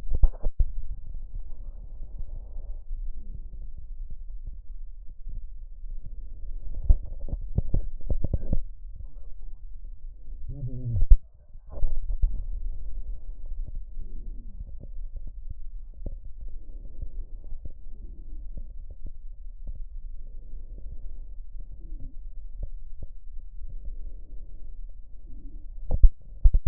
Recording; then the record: lung sounds by stethoscope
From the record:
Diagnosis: emphysema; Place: left posterior upper chest